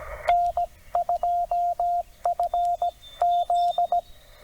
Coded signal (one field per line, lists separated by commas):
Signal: Morse code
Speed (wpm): 17 wpm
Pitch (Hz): 700 Hz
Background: radio noise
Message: N2FZ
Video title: CW POTA Activation. 18 May 2025, US-2969 Port Royal State Park TN